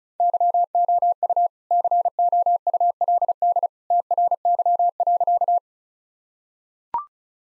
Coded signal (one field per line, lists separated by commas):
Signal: Morse code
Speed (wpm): 36 wpm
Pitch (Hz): 700 Hz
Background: none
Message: YOU COULD TRY.